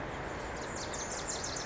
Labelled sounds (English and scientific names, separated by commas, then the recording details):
Pacific Wren (Troglodytes pacificus)
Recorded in Sonoma County, California